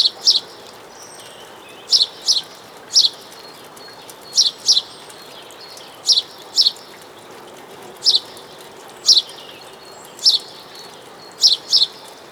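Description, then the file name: House sparrow chirps, short bright notes given singly or in quick pairs about every second, with a steady hiss behind. "Passer domesticus"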